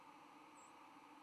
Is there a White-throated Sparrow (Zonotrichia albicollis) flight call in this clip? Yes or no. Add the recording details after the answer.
yes. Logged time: 08:05 on 10 November 2014